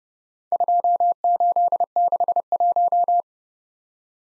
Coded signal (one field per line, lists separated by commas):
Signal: Morse code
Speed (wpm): 30 wpm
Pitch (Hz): 700 Hz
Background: none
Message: 2861